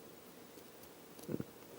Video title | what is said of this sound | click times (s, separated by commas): ROBOTIS Mini | 끝까지 딸깍 소리가 날때까지 키우시고 그 다음에 뺄때는 | 1.2 s, 1.3 s